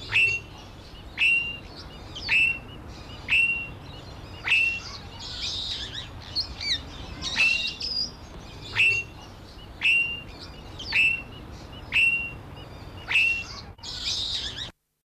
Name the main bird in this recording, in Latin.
Aratinga jandaya